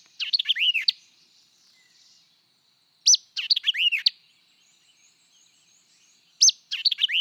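White-eyed vireo song: three short, emphatic phrases of crisp chips and slurred down-and-up whistles, each about three seconds apart.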